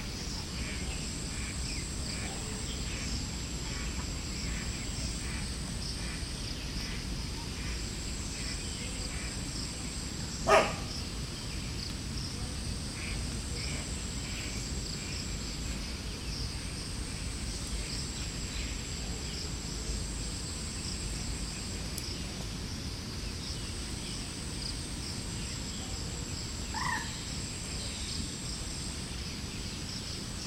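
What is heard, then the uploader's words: Outdoors by a lake, a steady bed of insect calls rings high and constant, with a continuous low murmur of wind or hum underneath. A sharp knock stands out around ten seconds, and a brief bird or duck call surfaces near twenty-seven seconds. Sanjay Van Lake. Sanjay Van is a city forest – one if the most thickly wooded areas in Delhi. The recording focuses on the area surrounding the lake where sewage water and effluent is discharged.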